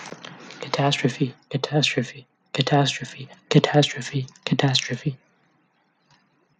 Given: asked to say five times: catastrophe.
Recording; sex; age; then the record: repeated word; male; 20 to 29 years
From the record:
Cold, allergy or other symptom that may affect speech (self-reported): no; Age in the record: 25 years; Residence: Texas, United States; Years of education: 16